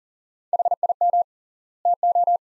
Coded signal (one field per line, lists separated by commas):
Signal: Morse code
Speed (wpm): 40 wpm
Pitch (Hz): 700 Hz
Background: none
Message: HIM TO